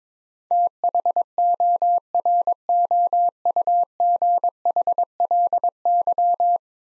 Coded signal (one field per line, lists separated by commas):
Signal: Morse code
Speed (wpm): 22 wpm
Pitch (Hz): 700 Hz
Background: none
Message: THOROUGHLY